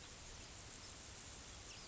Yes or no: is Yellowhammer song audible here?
no